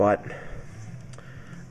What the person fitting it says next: it doesn't click in or anything it just sort of sits in and it doesn't fit very well